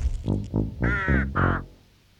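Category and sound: bird, raven cawing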